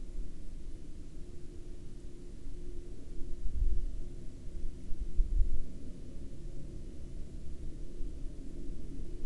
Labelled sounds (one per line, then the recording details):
man-made sound
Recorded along the Dalton Highway, Alaska, on 16 October 2019 at 13:23
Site 07